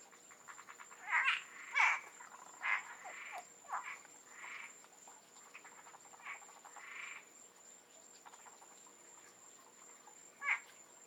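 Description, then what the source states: Frogs giving loud, rasping croaks and pulsed trills, a burst of calls early then scattered answering croaks, with a continuous thin high whine in the background. Frogs in the Florida Keys.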